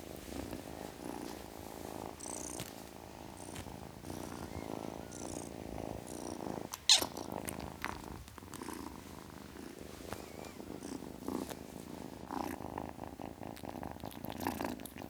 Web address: BBC Sound Effects Library Cats Ten Week Old Kitten, Purring